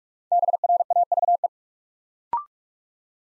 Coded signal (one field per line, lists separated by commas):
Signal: Morse code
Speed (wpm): 44 wpm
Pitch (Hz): 700 Hz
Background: none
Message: BRAVE